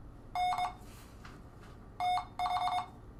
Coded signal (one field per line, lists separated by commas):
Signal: Morse code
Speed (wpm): 22 wpm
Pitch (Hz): 720 Hz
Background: none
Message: N TH